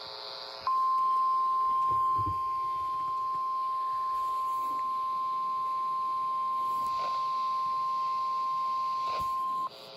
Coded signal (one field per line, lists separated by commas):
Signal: Emergency Alert System (SAME) tones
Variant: 1050 Hz attention tone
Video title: MISSOULA TESTED EARLY THIS TIME... EAS Tests from November 2023 (EAS #3,227 - 3,290)